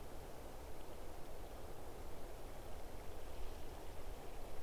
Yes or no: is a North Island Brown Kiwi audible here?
no